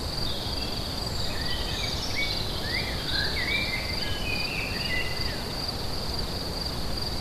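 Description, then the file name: Crickets sustain a bright high trill while birds sing quick, sliding whistled notes through the middle, with low rumbling noise beneath. Crickets recorded together with birds at Lacoux on 22 May 2016, recorded with an MZ-N710. "Grillons et oiseaux Lacoux 22 05 16"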